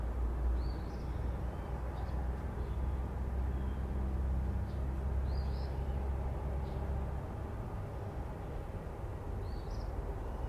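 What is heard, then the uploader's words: Steady road noise fills the scene as a dense, even rumble, heaviest in the low end and unchanging across the ten seconds. Brief bird chirps rise above it now and then, near the start, around the middle, and again at the end. Florida Nature Preserve Trip. Everglades Sounds,Birds Chirping. Swamp.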